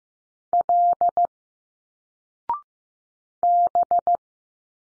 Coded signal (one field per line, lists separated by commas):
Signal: Morse code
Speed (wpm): 15 wpm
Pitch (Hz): 700 Hz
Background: none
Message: L B